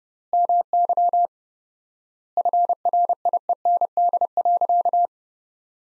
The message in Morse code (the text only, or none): MY FRIEND.